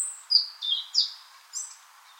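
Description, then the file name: European robin giving a brief burst of high, thin whistled notes, some sliding and wavering, with a faint hiss in the background. "Erithacus rubecula"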